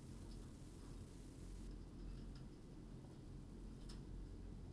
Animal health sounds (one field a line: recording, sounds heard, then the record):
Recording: poultry house recording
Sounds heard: no chicken sound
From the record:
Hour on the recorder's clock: 21